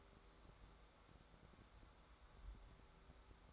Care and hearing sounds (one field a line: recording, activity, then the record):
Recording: daily activity, microphone in the room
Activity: take from stove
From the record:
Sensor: 3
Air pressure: 1010.3 hPa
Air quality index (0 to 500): 166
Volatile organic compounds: 9 ppm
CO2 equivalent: 2176 ppm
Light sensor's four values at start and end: 51/125/55/61 and 51/125/55/61